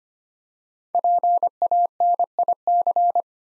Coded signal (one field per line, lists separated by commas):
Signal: Morse code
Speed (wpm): 25 wpm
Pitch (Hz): 700 Hz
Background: none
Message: PANIC